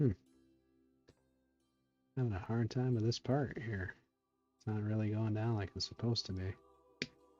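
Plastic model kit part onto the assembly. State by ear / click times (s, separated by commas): seated / 7.0 s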